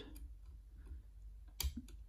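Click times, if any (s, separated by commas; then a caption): 1.6 s. A Lishi pick lifts a pin tumbler in a door lock cylinder, with faint ticks near 0.2 s and 1.9 s and a sharp click at 1.6 s. The pin clicks but is not set yet, because it lacks the expected one-millimetre spring-back, so lifting continues.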